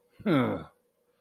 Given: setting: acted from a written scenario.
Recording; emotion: vocal sound without words; contempt